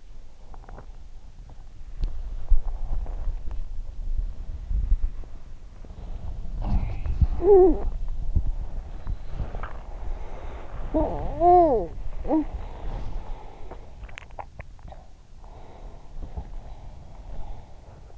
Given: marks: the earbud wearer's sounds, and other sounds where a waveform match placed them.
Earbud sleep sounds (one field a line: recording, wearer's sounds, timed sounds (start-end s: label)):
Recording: sounds in sleep by an in-ear microphone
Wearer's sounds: body movement, talking in sleep, swallowing, breath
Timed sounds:
0.00-15.47 s: body movement
5.84-7.09 s: sound from someone else or the room
7.08-8.20 s: talking in sleep
8.79-10.48 s: sound from someone else or the room
10.83-12.66 s: talking in sleep
13.91-15.16 s: swallowing
15.29-18.18 s: breath